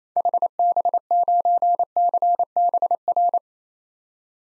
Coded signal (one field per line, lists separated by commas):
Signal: Morse code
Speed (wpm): 28 wpm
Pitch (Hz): 700 Hz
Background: none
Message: HB9CBR